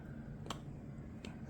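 The battery compartment door on a GoPro 12 action camera body is pushed down and slid back until it latches shut with a sharp click at 0.5 s. A fainter tick follows at 1.3 s over a low, steady background hum. The door is seated.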